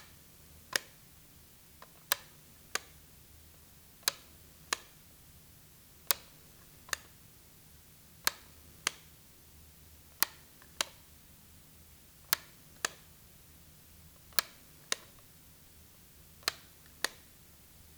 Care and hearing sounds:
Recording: daily activity, guitar pickup as the sensor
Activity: operate light

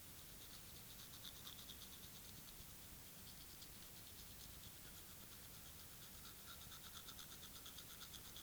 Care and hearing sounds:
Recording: daily activity, guitar pickup as the sensor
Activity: brush teeth

